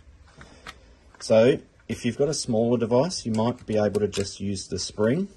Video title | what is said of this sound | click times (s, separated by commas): DiggerLid Phone Cradle Setup Guide | so this one slots into the back and then you'll have to give it a bit of a sturdy push to hear that click | 0.4 s, 0.7 s